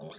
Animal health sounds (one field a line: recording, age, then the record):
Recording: pig call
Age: piglet (1 to 25 days)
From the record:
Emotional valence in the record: negative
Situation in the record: long isolation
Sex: male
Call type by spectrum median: low-frequency call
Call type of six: mixed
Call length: 0.19 s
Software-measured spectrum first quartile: 389 Hz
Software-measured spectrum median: 931 Hz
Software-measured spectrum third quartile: 3668 Hz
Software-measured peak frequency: 553 Hz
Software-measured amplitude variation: 77 dB a second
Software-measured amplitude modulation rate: 18.2 a second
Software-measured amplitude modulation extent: 4.2 dB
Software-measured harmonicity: 0.6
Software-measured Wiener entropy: -2.98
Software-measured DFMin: 624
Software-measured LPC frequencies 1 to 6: 542, 2372, 3395, 3885, 5024, 7356 Hz